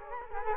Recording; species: mosquito wingbeat signal from an infrared sensor; Culex quinquefasciatus